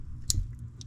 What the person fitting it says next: Heard the click. It's all in.